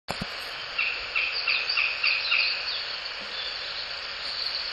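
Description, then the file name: Northern goshawk giving a chattering call, a quick run of sharp kek notes lasting about two seconds, over constant high-pitched hiss. "オオタカ 遠藤"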